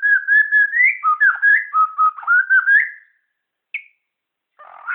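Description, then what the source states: Shama song of rich, warbled whistled phrases rising and dipping quickly for three seconds, then a lone high note and a brief buzzy burst after silence. Borneo.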